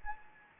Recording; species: mosquito wingbeat signal from an infrared sensor; Anopheles gambiae